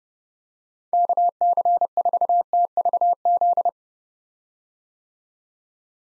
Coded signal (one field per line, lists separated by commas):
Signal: Morse code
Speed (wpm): 32 wpm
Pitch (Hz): 700 Hz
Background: none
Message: KC4TVZ